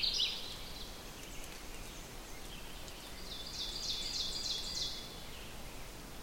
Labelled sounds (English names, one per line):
Ovenbird song